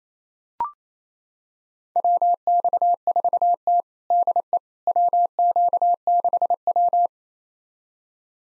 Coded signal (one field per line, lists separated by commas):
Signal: Morse code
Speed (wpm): 28 wpm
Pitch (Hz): 700 Hz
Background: none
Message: WX4T DE WQ6W